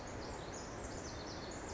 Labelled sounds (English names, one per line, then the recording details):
Pacific Wren
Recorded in Sonoma County, California